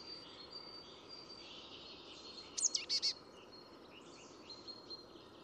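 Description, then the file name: Marsh Tit giving one brief burst of a sharp high note and a few quick buzzy notes, over steady background hiss and faint chirps. "Poecile palustris"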